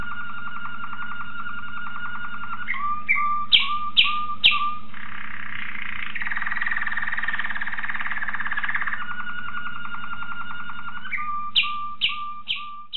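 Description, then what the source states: Waterslager canary singing a long continuous song of steady whistled tones broken by sharp notes and a dense bubbling roll, with a low steady hum beneath. Song variations of a Waterslager canary.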